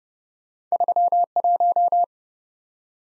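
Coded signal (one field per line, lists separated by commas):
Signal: Morse code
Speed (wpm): 34 wpm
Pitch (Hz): 700 Hz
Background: none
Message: 31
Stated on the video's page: Morse practice of two-character letter-number combinations, starting fast and slowing to a 25 wpm base, with a final repeat at maximum speed.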